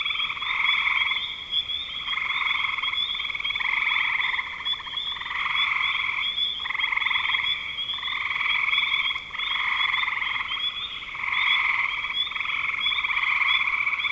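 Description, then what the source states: Dense frog chorus of pulsed croaking trills coming in regular surges about every one to two seconds, with a constant high ringing hum behind. Frogs in spring 2025.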